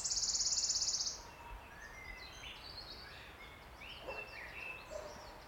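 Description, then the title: Wood warbler trill, a fast high shivering buzz for about a second, followed by varied whistled and chirping phrases from other songbirds. Single male singing from the oak canopy in an ancient oak wood on a steep-sided wooded valley in South Wales, in May, just after rain stopped. "Sound Escape 16: listen to the cascade of wood warbler song in an ancient oak wood"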